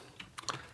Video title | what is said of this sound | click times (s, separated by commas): Kal El Reviews: Transformers Generations Combiner Wars Armada Megatron (134) | and click that back in | 0.2 s, 0.4 s, 0.5 s